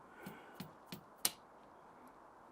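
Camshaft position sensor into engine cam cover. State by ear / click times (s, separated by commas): seated / 1.3 s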